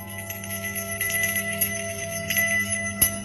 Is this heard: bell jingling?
yes